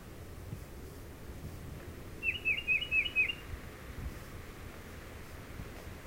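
Tufted titmouse song, one quick phrase of five downslurred whistled notes, bright and rhythmic, against a soft hissing background.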